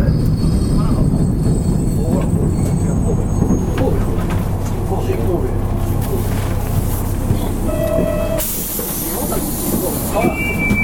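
Running sound of a Class 31 diesel railcar on a local Wakamatsu Line train: a steady, dense low rumble and rattle of wheels and engine throughout. Faint talking mixes in, short tonal beeps sound near eight seconds, and a brighter hiss rises from about eight and a half seconds on.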